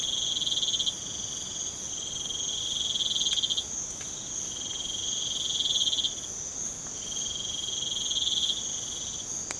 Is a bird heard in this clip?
no